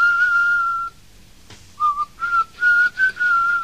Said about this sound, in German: Das war unser englische Nummer. Das war dann das Englische mit dem Pfeifen.